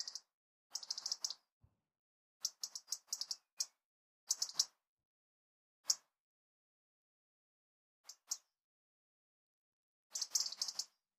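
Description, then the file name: European robin giving short, sharp ticking calls in quick clusters, bursts spaced irregularly with quiet gaps between them. "Erithacus rubecula"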